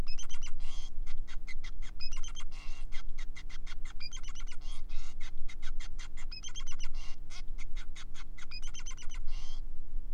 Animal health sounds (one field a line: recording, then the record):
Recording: song of a male Bengalese finch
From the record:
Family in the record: son of father 5